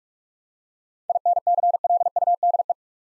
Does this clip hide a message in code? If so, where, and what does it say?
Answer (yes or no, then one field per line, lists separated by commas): yes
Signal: Morse code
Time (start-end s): 1.1-2.7 s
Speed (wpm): 43 wpm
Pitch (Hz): 700 Hz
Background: none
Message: INCLUDE